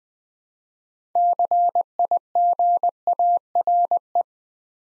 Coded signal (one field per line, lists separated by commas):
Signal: Morse code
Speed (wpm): 20 wpm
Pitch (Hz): 700 Hz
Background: none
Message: CIGARE